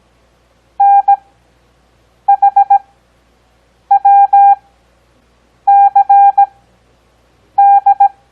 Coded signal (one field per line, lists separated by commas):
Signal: Morse code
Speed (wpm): 17 wpm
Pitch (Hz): 800 Hz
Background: none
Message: NHWCD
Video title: Copy Morse Code 4th Grade